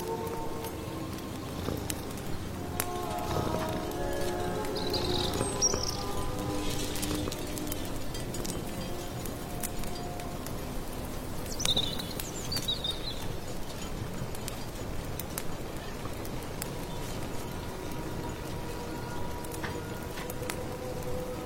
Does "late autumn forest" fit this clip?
yes